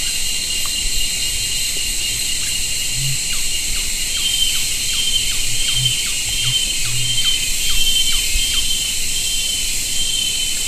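Bird calls: a long, regular series of short, thin, descending chirps over a steady loud hiss and low rumble.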